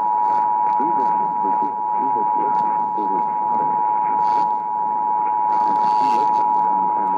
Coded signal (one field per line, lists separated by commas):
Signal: Emergency Alert System (SAME) tones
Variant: 853 and 960 Hz attention tone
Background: speech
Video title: THE EASS?? WJR: Yes. EAS Alerts from 10/1/19 - 10/30/19 (EAS #3,366 - 3,388)